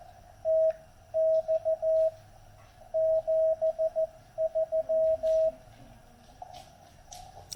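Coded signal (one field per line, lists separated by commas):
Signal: Morse code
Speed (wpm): 14 wpm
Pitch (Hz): 640 Hz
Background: radio noise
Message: TX 73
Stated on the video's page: Heard during a park activation in North Carolina; the station met there was operating FT8 with portable gear.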